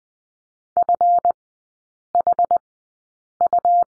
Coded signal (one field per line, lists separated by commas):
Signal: Morse code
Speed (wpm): 20 wpm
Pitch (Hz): 700 Hz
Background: none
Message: FHU